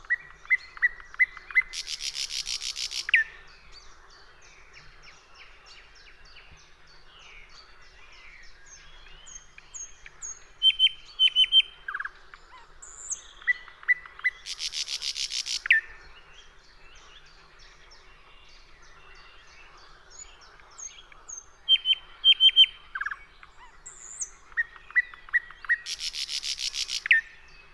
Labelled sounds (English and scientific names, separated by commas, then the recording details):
Thrush Nightingale (Luscinia luscinia) song
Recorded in the wild
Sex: male
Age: adult
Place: Teerofenbrücke, Nationalpark Unteres Odertal, Brandenburg, DE
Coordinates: 53.1325, 14.3494
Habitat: willow bush
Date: 2001-05-05
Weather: fair, ca. 10°C
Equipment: Sony TCD-D7, Telinga Pro 5
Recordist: Frommolt, Karl-Heinz